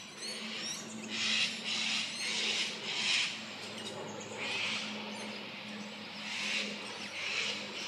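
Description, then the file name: Bird twittering in bright, scratchy bursts at irregular intervals, with a faint low hum underneath throughout. "Tweet"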